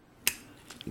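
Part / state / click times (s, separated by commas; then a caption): plastic antenna or leg part into the toy robot / seated / 0.3 s. A plastic antenna or leg part of a Transformers Titans Return Scourge toy robot is moved into position during its robot-mode transformation. It snaps into place with a sharp, bright click at 0.3 s, followed by fainter plastic handling ticks near the end. The part seats firmly.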